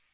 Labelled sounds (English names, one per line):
Magnolia Warbler flight call